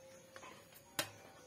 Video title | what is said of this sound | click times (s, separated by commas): EPSON L3210 L3110 L3250 L5190 L5290 L3158 HOW TO ASSEMBLE SCANNER COPIER | Then, yung lock naman doon. | 1.0 s